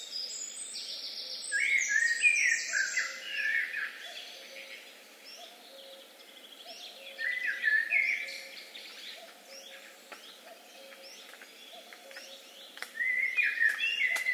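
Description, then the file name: Common blackbird singing mellow, fluting warbled phrases that end in high squeaky twitters, three phrases spaced several seconds apart, over steady background hiss and faint low repeated notes. "Turdus merula"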